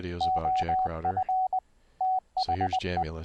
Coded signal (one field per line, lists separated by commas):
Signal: Morse code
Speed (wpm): 20 wpm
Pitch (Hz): 750 Hz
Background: speech, radio noise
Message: OF THE